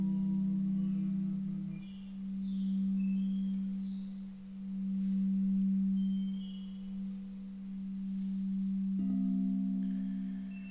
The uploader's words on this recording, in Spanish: Un viaje entre cuencos y sus armonicos.